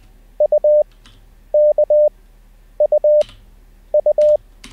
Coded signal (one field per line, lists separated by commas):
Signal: Morse code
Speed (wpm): 20 wpm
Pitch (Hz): 600 Hz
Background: none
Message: UKUU